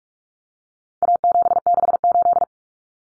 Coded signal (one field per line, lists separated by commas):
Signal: Morse code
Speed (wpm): 44 wpm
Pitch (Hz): 700 Hz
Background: none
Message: A768